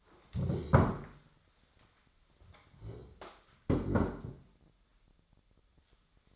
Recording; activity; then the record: daily activity, microphone in the room; stand up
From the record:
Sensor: 3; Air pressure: 1015.2 hPa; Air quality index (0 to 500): 137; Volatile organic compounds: 6 ppm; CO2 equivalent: 1947 ppm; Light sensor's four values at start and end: 14/38/15/16 and 14/37/15/16